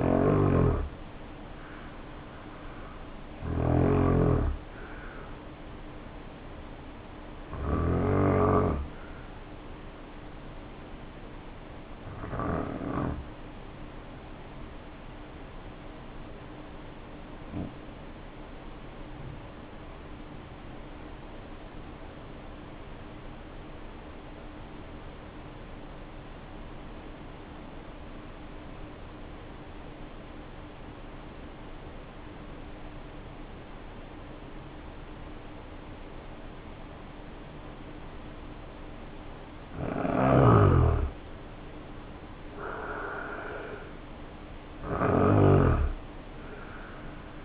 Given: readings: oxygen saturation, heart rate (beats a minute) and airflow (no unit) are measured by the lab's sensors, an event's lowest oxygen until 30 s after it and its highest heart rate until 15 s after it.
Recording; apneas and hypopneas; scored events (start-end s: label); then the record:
breathing in sleep by a voice recorder at the bedside; 1
12.00-40.20 s: obstructive apnea (N2, oxygen 95% highest, then 77% lowest, heart rate 52 at the start, 73 highest)
From the record:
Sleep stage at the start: N2 (light sleep); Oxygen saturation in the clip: 79 to 95%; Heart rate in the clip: 52 to 73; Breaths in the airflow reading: 5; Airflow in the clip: -4.4 to 6.2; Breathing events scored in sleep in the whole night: 520 in 7.2 hours asleep